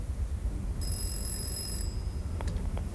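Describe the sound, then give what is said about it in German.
A telephone in a railway crossing keeper's house rings in a single bright, high-pitched burst lasting about a second over a steady low rumble, followed by a few sharp clicks and clatter as a man lifts the receiver. “Er ist beschäftigt, es klingelt gerade, er nimmt den Hörer ab.”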